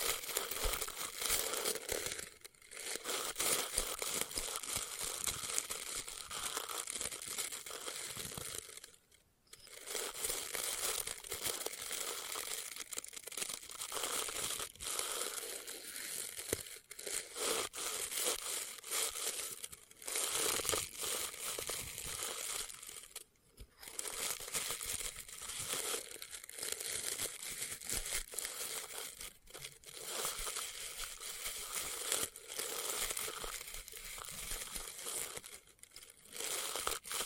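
Experimental triggers in test tubes: a dense, continuous crackling and crinkling fills the clip, bright and hissy with little low end. The texture churns steadily, broken by brief near-silent pauses around 9, 23 and 35 seconds, with short dips elsewhere.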